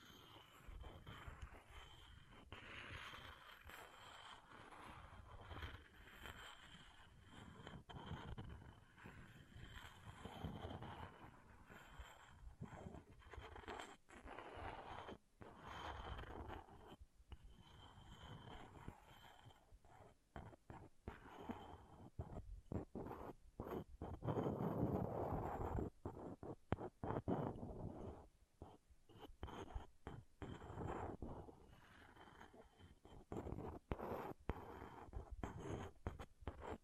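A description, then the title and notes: Objects scratching and scraping against each other, with a dense, irregular run of rough strokes that never fully stops. The rasping is grainy and full, strongest between 20 and 30 seconds, with brief quieter gaps and sharp clicks scattered throughout. ASMR Brain Melting Object Scratching (No Talking).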